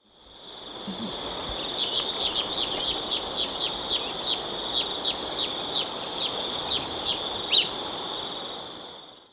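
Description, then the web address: Olive-chested flycatcher giving a run of many high, clipped notes for several seconds, over a loud steady insect drone. Recorded in Ecuador. "S America Birds of Ecuador. Olive-Chested Flycatcher"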